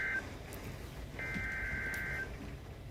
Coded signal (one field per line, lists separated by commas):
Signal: Emergency Alert System (SAME) tones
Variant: header bursts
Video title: Hurricane Milton's Alerts | TH and Partial DH with SOOO MUCH TORNADO WARNINGS! | EAS #6-25/WEA #1-2